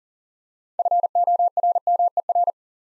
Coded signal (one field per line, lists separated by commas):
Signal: Morse code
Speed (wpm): 44 wpm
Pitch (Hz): 700 Hz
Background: none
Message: FORMER